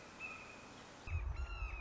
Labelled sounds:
Red-shouldered Hawk
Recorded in Sonoma County, California

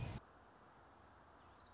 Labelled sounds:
Orange-crowned Warbler
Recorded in Sonoma County, California

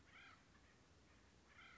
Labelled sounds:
Acorn Woodpecker
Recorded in Sonoma County, California

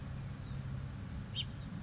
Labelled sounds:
House Finch
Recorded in Sonoma County, California

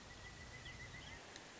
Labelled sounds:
Pileated Woodpecker
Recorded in Sonoma County, California

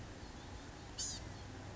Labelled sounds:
Blue-gray Gnatcatcher
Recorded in Sonoma County, California

